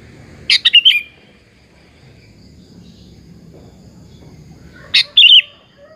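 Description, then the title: Sooty-headed bulbul song: a bubbling phrase, then another a few seconds later, over quiet background noise. "Kutilang"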